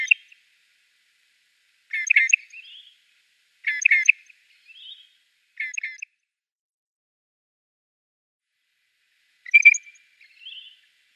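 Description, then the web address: Southern Grey Shrike giving harsh, scratchy phrases, most followed by a brief higher note, several in a row, then a long gap before one final phrase. "Schulze Peter Southern Grey Shrike song"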